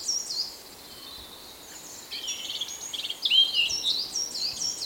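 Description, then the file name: Eurasian blackcap song, a quiet start, then a jumbled high warble building into clearer whistled notes during the second half. "Sylvia atricapilla"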